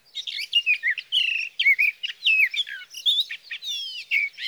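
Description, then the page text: Sage thrasher song of fast mixed warbles, clear slurred whistles and buzzy fragments strung together continuously. Male sage thrasher, Sierra Valley, California, June 12–15, 2018; from a set comparing his night songs, recorded by a Swift recorder near his night roost, with his day songs. "Birdsong for the Curious Naturalist: Explore #7. 61. Sage thrasher songs, through the night. from the evening of June 12 to the morning of June 15, 2018, in Sierra Valley, California"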